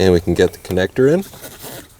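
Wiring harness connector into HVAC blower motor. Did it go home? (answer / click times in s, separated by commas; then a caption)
no / none. A wiring harness connector is being plugged into the new HVAC blower motor of a 2003-2006 Subaru Baja. Someone talks while faint handling sounds follow. Nothing has seated or clicked yet.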